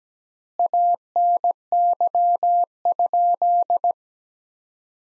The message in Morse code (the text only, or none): ANY?